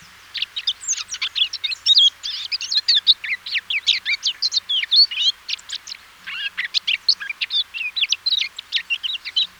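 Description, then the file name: Eurasian blackcap delivering a continuous, rapid warble of mixed twittering and whistled notes, briefly easing before picking up again. "Sylvia atricapilla"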